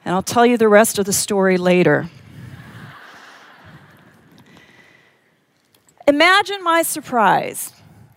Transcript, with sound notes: And I'll tell you the rest of the story later. (laughter) Imagine my surprise